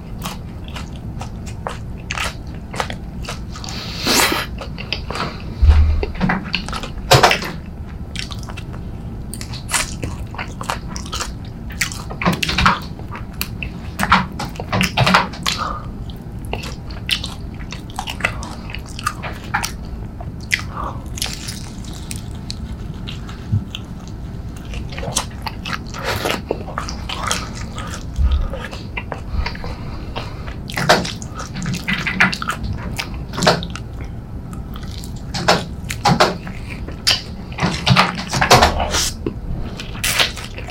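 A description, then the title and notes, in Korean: Chicken being eaten, with frequent sharp crunchy bites and wet chewing through a low steady hum. 치킨 ASMR.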